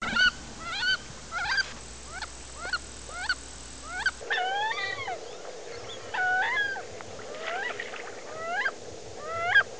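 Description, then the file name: Wood duck squealing calls, a series of thin rising whistled notes repeated irregularly, with a few slurred double notes later over faint background hiss. "Aix sponsa"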